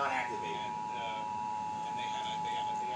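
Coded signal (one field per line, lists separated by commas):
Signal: Emergency Alert System (SAME) tones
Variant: 853 and 960 Hz attention tone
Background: speech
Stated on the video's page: Ohio Required Monthly Test received on 99.1 FM with a Midland WR300 radio.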